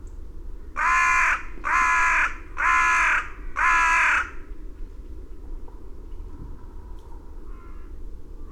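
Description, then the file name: Carrion crow calling four loud, rasping caws at steady intervals, then falling silent. "Corvus corone"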